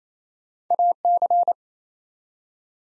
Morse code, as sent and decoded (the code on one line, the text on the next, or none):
.- -.-.
AC